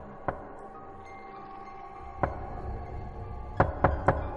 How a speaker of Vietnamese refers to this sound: Tiếng gõ cửa vẫn vang lên ở bên tai không dứt, lượn lờ trong hành lang của bệnh viện.